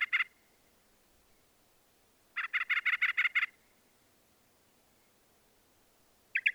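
Northern mockingbird song: a brief burst of quick notes, then after a pause a longer run of several rapid notes, then another short burst at the very end.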